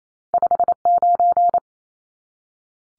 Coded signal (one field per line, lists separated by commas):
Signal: Morse code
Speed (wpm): 28 wpm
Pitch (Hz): 700 Hz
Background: none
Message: 59